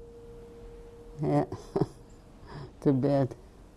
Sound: chuckles

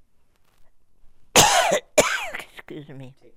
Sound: she coughs

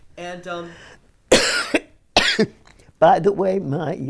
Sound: coughs

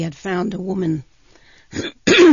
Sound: she clears her throat

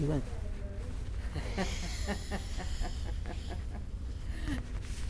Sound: laughs

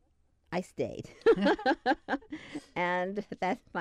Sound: laughs

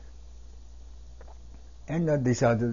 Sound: swallows

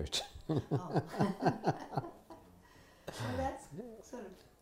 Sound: laughs

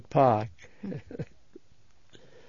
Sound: he laughs

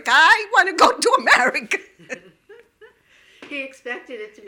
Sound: she laughs

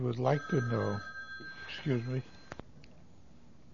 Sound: a telephone rings

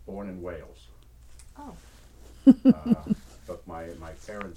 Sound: laughs

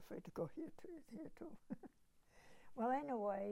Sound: chuckles

